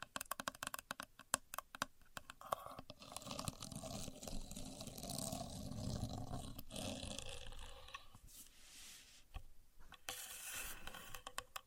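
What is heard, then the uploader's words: A contour gauge is being handled, opening with a quick run of sharp clicking and tapping from its pins. From about three to eight seconds a dense, rough scraping and rustling takes over with a low rumble beneath, then scattered clicks and a bright rattling burst return near ten seconds. Using A Contour Gauge (No Talking).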